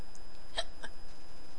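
Two abrupt, sharp hiccups from an adult woman, about a quarter second apart, over a steady low background hum.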